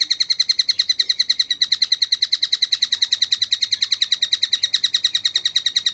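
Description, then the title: Oriental magpie-robin giving a fast, even series of bright chip notes, unbroken throughout and with little variation. "Kicau Kacer"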